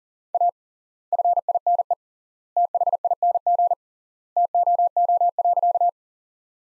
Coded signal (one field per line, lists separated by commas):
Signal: Morse code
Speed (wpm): 40 wpm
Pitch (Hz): 700 Hz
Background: none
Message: A FINE THING TOO.